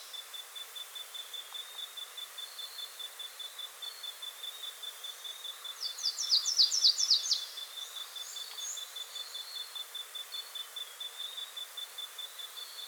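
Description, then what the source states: Slate-throated redstart giving one brief burst of high, sharp down-slurred notes, set against a constant pulsing insect hum. Recorded in South America.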